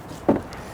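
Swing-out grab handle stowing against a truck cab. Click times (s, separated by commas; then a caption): 0.3 s. A swing-out grab handle on the cab of a 2026 Kenworth T380 truck with a beverage body is pulled back toward the cab into its stowed position. A sharp knock at 0.3 s marks it locking into place, followed by a fainter sound at 0.5 s. The handle is seated and secure.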